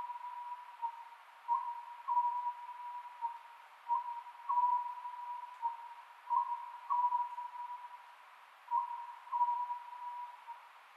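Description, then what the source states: Oriental scops owl calling with clipped hooted notes grouped in twos and threes, repeated every two to three seconds over a constant droning tone. Recorded 27 May 2010 at 22:21, at night.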